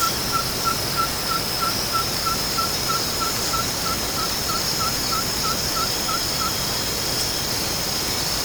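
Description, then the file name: Ferruginous pygmy owl calling in a long run of evenly spaced whistled hoots for about six seconds over a steady, shrill insect hum. Recorded at Estação Ecológica Juréia, Peruíbe, São Paulo, Brazil. "Glaucidium-brasilianum-EEJureia-Peruibe-SP-Brazil-3-8-12-ASilveira"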